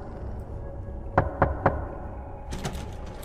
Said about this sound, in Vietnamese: Ban đầu là nhịp độ chậm chậm, nhưng sau đó là từng cú mổ nối đuôi nhau điên cuồng. Âm thanh cốc cốc cốc vang lên, làm cho hắn tưởng tượng hình ảnh có một con gà bị điên đang mổ nát cửa phòng vệ sinh để vào bên trong.